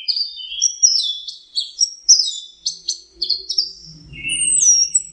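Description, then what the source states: Orange-headed thrush singing a fast jumble of bright whistled and buzzy notes. A soft low rumble comes in during the later part. Masteran song used for training kept birds.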